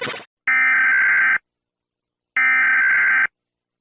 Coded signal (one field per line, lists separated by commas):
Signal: Emergency Alert System (SAME) tones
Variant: header bursts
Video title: WARNING!! Every Country's EAS Alarm but every time a word is repeated it loops..